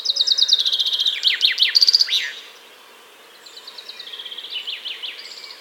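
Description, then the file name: Common chaffinch song: a bright descending series of trilled notes ending in a quick flourish, followed by a second, quieter song of the same pattern. "Fringilla coelebs"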